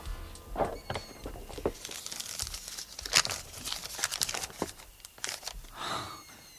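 Thin, rolled-up paper, found with a small key behind a hidden flap in a harlequin's costume, crackles and rustles as it is unrolled, a string of irregular crisp crinkles and scratchy bursts with a few sharper snaps, fairly quiet and with no voices.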